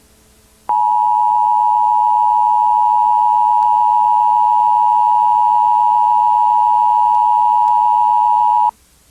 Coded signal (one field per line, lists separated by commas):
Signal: Emergency Alert System (SAME) tones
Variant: 853 and 960 Hz attention tone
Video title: The Watcher - An EAS Horror Short Film